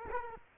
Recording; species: mosquito wingbeat signal from an infrared sensor; Culex quinquefasciatus